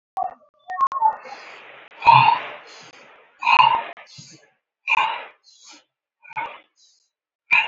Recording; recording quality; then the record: shallow breathing; excellent, no background noise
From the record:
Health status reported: healthy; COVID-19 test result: not tested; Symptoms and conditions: none ticked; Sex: male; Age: 31 years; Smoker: not ticked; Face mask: worn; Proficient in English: yes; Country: India